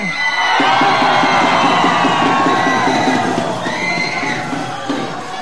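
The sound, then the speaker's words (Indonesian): An audience of a singer's supporters at a live performance shouts and cheers loudly and continuously, with high excited voices and whoops rising over a dense roar of many people, tapering slightly toward the end. “Mana teriakannya?”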